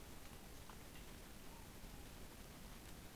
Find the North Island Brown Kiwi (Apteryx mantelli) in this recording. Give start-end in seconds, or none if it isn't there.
none